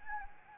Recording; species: mosquito wingbeat signal from an infrared sensor; Anopheles gambiae